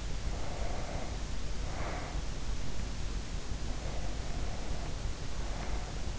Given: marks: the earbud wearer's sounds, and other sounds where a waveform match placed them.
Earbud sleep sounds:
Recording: sounds in sleep by an in-ear microphone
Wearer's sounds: breath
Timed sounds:
0.05-2.68 s: breath
3.53-6.19 s: breath

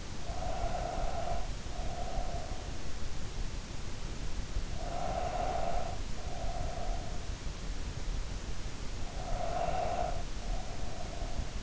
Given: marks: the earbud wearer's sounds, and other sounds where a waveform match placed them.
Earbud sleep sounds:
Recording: sounds in sleep by an in-ear microphone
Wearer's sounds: breath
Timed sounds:
0.00-2.63 s: breath
4.56-7.13 s: breath
8.92-11.63 s: breath

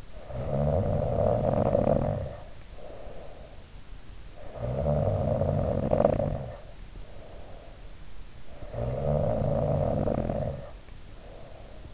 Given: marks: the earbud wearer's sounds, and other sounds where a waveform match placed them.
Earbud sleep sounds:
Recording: sounds in sleep by an in-ear microphone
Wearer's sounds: snoring breath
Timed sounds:
0.00-3.77 s: snoring breath
4.23-7.94 s: snoring breath
8.51-11.94 s: snoring breath

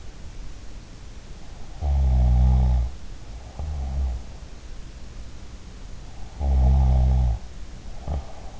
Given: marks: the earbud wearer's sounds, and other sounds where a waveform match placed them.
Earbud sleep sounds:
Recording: sounds in sleep by an in-ear microphone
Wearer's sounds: snoring breath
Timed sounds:
1.75-4.27 s: snoring breath
6.40-8.60 s: snoring breath

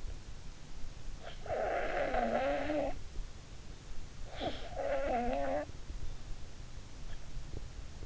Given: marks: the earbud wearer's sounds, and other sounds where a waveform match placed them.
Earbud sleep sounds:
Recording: sounds in sleep by an in-ear microphone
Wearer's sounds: snoring breath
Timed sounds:
1.10-3.07 s: snoring breath
4.30-5.73 s: snoring breath

